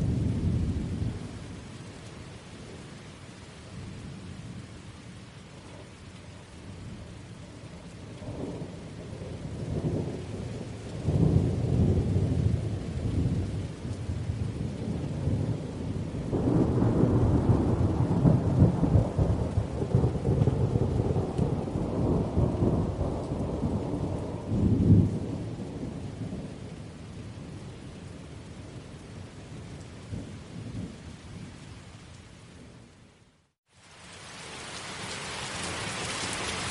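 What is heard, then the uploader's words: Heavy thunderstorm: steady rain hiss under long low rolling thunder that swells mid-clip, fades, then a brief cut into brighter rain. Heavy Thunderstorm Sounds. Rolling Thunder, Lightning & Rain Sounds. Heavy rain.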